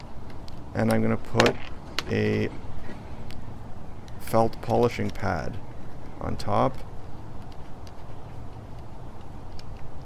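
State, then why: Not seated. A felt polishing pad bit is handled at the collet of a rotary tool while someone talks, with a few faint, brief handling ticks between the words. The clip ends before the bit goes home: nothing has seated or snapped into the collet yet, and it has not been tightened with the pliers.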